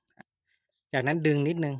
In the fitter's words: แล้วกดไปในล็อคล็อคที่2จาก